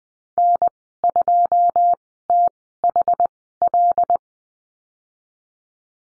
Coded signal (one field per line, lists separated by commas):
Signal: Morse code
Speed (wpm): 20 wpm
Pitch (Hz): 700 Hz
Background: none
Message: N2THL